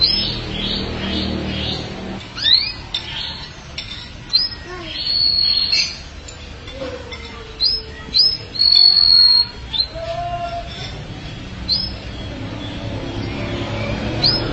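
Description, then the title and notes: Canary song: a quick trill of high notes, then spaced chirps and long level whistles, with some quieter lower notes in between. "BM Suara Kenari. BM Suara Burung Kenari"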